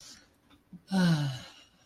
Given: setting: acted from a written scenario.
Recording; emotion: vocal sound without words; serenity